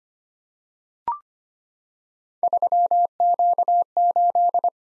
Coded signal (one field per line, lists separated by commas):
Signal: Morse code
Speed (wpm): 25 wpm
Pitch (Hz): 700 Hz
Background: none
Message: 3Q8